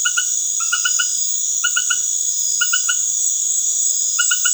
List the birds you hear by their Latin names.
none